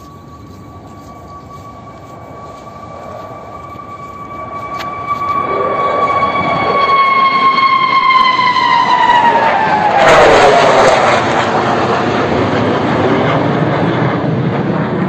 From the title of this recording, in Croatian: Zvuk Su-57